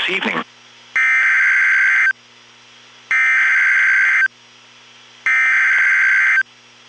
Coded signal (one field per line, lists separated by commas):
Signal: Emergency Alert System (SAME) tones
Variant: header bursts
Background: speech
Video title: NOAA Weather Radio Nashville Tennesse Flood and Tornado outbreak